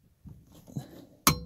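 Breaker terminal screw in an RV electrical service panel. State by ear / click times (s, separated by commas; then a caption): torque reached / 1.3 s. A torque screwdriver set to 35 inch-pounds tightens a screw on a breaker terminal in an RV electrical service panel, after an impact drill left it short of torque. Quiet scraping and turning sounds are heard as the screw keeps turning, then the driver gives a sharp little snap at 1.3 s as it reaches the setting. A second, fainter tick follows at 1.5 s.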